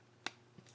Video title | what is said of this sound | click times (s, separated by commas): Video Review of the Newage H21W Karate Kid SG Soundwave | pull them down you should hear them click | 0.3 s